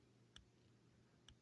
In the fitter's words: there's no click but there is a very